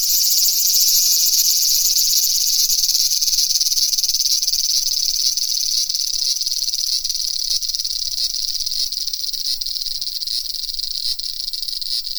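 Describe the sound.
Cicada song, a loud continuous high buzz that softens slightly toward the end.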